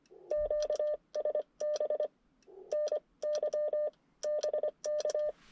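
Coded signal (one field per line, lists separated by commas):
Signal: Morse code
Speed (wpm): 23 wpm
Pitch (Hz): 590 Hz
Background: none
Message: QSB NY BK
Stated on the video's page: CW Parks On The Air activation at a state forest using an IC-705; a solar flare mid-activation made signals fade and become much weaker.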